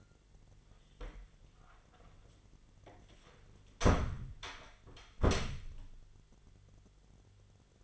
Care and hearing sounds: daily activity, microphone in the room; close door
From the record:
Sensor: 4

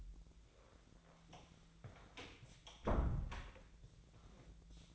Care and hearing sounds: daily activity, microphone in the room; close door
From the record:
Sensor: 3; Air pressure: 1000.4 hPa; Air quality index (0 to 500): 172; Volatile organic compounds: 3 ppm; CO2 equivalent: 1494 ppm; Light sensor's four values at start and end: 13/32/13/14 and 13/31/13/14

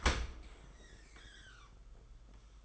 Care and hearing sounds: daily activity, microphone in the room; open dishwasher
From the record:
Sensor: 5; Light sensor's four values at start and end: 40/126/48/51 and 40/127/48/52

